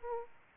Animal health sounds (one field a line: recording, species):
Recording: mosquito wingbeat signal from an infrared sensor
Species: Aedes aegypti